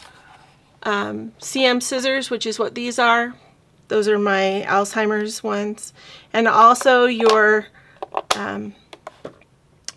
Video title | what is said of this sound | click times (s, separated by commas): My Ireland Scrapbook Memories of Views from the Rock | Precision Point scissors they snap right in and get and they hold super tight you | 9.9 s